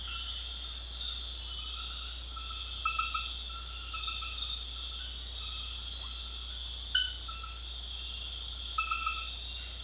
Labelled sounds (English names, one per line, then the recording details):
none
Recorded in secondary vegetation near Puerto Asís, Putumayo, Colombia, on 8 March 2025 at 23:30
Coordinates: 0.498, -76.327
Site G001